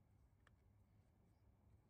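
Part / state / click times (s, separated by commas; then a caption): plastic rim cover clip onto car wheel rim / not seated / none. A plastic rim cover is being handled and fitted onto the rim of a new Tesla Model Y wheel: it is lined up with the tire valve and its clips are pushed in behind the rim while working around the wheel. A faint low rumble runs throughout, with a brief higher-pitched tick near 0.5 s. Nothing has seated or clicked yet.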